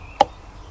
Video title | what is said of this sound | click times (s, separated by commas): Oil Change MADE EASY - Things You Should Do at least every 7000 miles / 11265 KM | There you go, that's clicked in. | 0.2 s